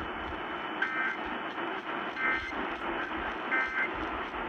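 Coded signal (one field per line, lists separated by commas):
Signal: Emergency Alert System (SAME) tones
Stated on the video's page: Alerts, including a PDS tornado warning, received from at least 700 miles away on a Sangean radio and a RadioShack 12-996.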